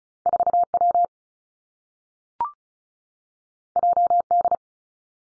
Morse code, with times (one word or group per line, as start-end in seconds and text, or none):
0.3-0.6 4
0.7-1.1 W
3.8-4.2 J
4.3-4.5 D